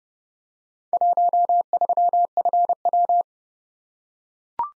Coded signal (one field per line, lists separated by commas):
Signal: Morse code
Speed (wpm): 30 wpm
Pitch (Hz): 700 Hz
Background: none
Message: 13FW